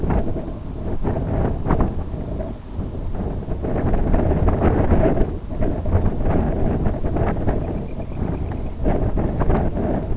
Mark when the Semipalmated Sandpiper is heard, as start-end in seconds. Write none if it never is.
7.52-8.76